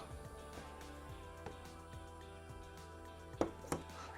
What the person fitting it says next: Ooh, yeah. That was a nice click.